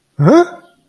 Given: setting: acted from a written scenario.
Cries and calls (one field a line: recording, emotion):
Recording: vocal sound without words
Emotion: confusion